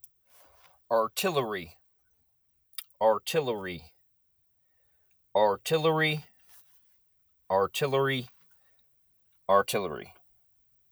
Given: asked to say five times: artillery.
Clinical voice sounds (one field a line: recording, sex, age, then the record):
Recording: repeated word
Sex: male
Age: 40 to 49 years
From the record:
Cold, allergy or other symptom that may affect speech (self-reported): no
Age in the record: 44 years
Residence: Kentucky, United States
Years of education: 12